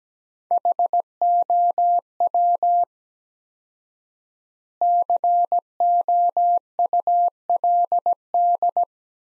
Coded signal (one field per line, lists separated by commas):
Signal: Morse code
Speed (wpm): 17 wpm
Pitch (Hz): 700 Hz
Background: none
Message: HOW COULD